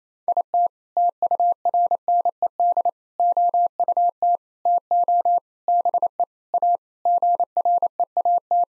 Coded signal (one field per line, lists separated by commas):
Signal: Morse code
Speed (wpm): 28 wpm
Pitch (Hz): 700 Hz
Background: none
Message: IT TURNED OUT TO BE A GREAT